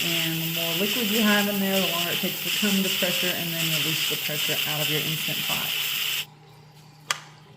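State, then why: Released. Steam hisses steadily from an Instant Pot electric pressure cooker full of liquid while someone talks; the hiss cuts off at about 6.2 s as the pressure finishes releasing. At 7.1 s the metal float valve pin in the lid drops with a small, sharp click, and the lid unlocks.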